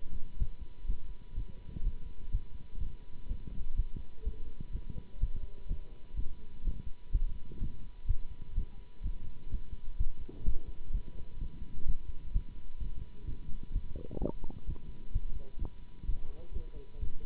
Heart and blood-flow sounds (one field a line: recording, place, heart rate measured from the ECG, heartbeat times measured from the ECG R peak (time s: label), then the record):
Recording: heart sounds by stethoscope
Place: between the tricuspid and mitral areas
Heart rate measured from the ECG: 126 bpm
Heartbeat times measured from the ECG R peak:
0.38 s: heartbeat
0.86 s: heartbeat
1.34 s: heartbeat
1.83 s: heartbeat
2.31 s: heartbeat
2.79 s: heartbeat
3.28 s: heartbeat
3.76 s: heartbeat
4.24 s: heartbeat
4.72 s: heartbeat
5.20 s: heartbeat
5.67 s: heartbeat
6.15 s: heartbeat
6.63 s: heartbeat
7.11 s: heartbeat
7.59 s: heartbeat
8.07 s: heartbeat
8.54 s: heartbeat
9.02 s: heartbeat
9.50 s: heartbeat
9.97 s: heartbeat
10.44 s: heartbeat
10.92 s: heartbeat
11.39 s: heartbeat
11.86 s: heartbeat
12.32 s: heartbeat
12.79 s: heartbeat
13.25 s: heartbeat
13.72 s: heartbeat
14.19 s: heartbeat
14.65 s: heartbeat
15.12 s: heartbeat
15.59 s: heartbeat
16.06 s: heartbeat
16.53 s: heartbeat
17.00 s: heartbeat
From the record:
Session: Bruce protocol treadmill stress test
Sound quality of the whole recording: good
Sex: male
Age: 24 years